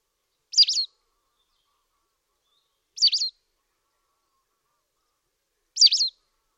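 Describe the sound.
White wagtail calling three times, each a crisp two-note high chirp, repeated every two and a half seconds or so, nothing else audible.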